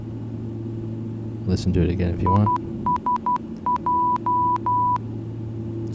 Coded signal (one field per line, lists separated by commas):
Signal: Morse code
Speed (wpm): 12 wpm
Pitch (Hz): 990 Hz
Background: speech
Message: ISJ